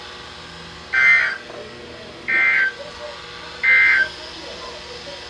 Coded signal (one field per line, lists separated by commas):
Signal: Emergency Alert System (SAME) tones